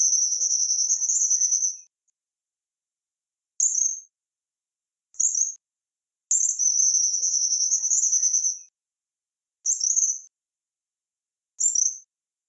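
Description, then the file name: Tropical kingbird singing two long high buzzy trills, each followed by two short sharp notes spaced about a second or two apart. "canto do suiriri"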